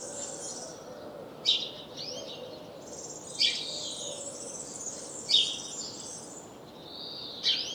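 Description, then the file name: House sparrow chirps, sharp bright notes about every two seconds over softer background chatter. "Passer domesticus"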